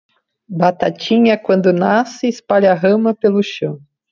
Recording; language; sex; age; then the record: short text; Brazilian Portuguese; female; 50 to 59 years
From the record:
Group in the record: control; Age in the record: 53 years